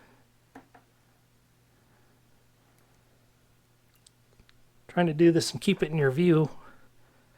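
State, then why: Not seated. Someone handles the wire-holding cap of a RevConnect-style RJ45 connector over the network cable conductors, making faint handling ticks near 0.6 s and 0.8 s and brief taps around 4.1 s and 4.5 s. From about 5.0 s to 6.5 s, someone talks. The cap has not yet been pushed all the way down, and nothing has seated or clicked yet.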